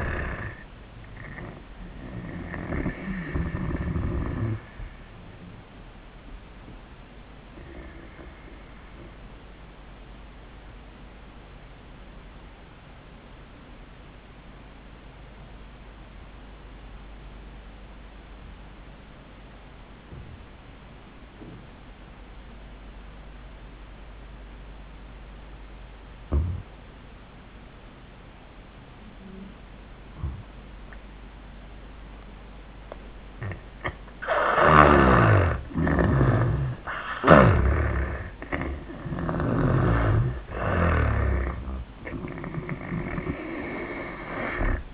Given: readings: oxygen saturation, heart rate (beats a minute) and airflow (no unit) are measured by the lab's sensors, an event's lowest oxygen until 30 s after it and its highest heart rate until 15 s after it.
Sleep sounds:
breathing in sleep by a voice recorder at the bedside; 1
11.00-33.90 s: obstructive apnea (N1, oxygen 96% highest, then 79% lowest, heart rate 89 at the start, 93 highest)
17.00-44.94 s: new sleep stage, N2 (light sleep)
From the record:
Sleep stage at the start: N1 (lightest sleep); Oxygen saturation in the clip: 80 to 96%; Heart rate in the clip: 73 to 96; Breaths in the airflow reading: 3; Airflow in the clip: -14.2 to 14.2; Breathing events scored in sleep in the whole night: 400 in 8.7 hours asleep

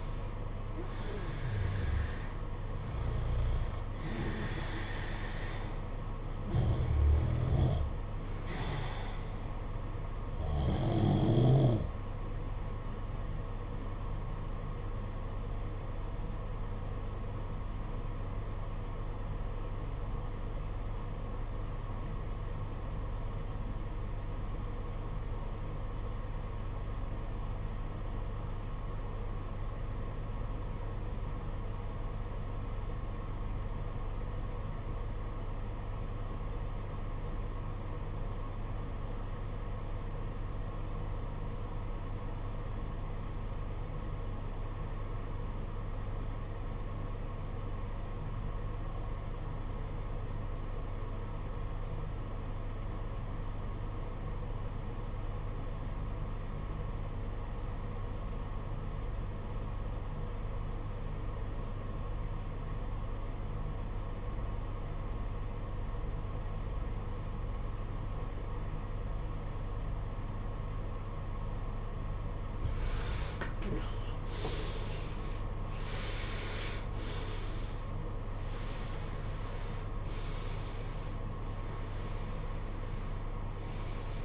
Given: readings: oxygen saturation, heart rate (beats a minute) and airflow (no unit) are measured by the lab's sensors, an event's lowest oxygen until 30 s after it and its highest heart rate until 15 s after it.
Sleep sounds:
breathing in sleep by a smartphone at the bedside; 1
17.00-72.90 s: obstructive apnea (REM, oxygen 95% highest, then 70% lowest, heart rate 50 at the start, 92 highest)
From the record:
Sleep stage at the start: REM sleep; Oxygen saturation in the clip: 73 to 95%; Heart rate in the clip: 39 to 92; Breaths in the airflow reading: 9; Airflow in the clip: -18.5 to 15.6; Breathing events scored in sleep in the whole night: 476 in 9.7 hours asleep

